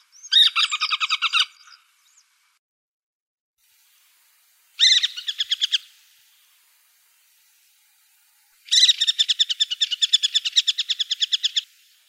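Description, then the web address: Pallid harrier chattering: three bursts of rapid, harsh, evenly pulsed notes, the last and longest nearly three seconds, separated by silent pauses. Recorded in Uzbekistan. "Uzbek hayvonlar. Circus macrourus"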